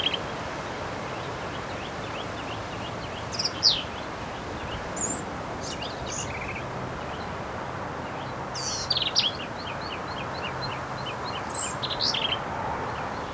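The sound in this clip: Black-capped vireo song: scattered squeaky, jumbled high phrases over background hiss.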